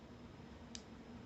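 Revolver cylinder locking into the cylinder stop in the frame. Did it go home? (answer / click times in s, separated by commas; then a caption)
yes / 0.7 s. During a timing check with the hammer back, a revolver cylinder is rotated to the next chamber until the cylinder stop in the frame engages. A single short, sharp click at 0.8 s stands out over a low steady background hum. The cylinder is locked in position.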